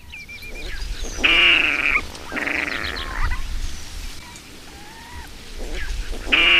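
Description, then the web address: Water rail giving loud, harsh squeals in several separate bursts, over a low rumbling background. "agykontroll Madardalok Cd 3. Guvat"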